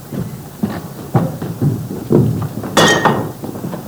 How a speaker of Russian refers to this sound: У меня блюдечко упало. Это к добру.